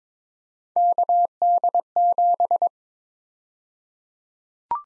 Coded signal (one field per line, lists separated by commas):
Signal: Morse code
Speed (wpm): 22 wpm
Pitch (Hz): 700 Hz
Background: none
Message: KD7